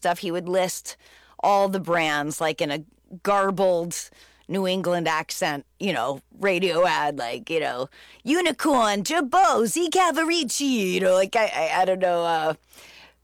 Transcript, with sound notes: He would list all the brands, like, in a garbled New England accent, you know, radio ad, like, you know, (imitating New England accent) Unicorn, Girbaud, Z Cavaricci. You know, like, I don't know.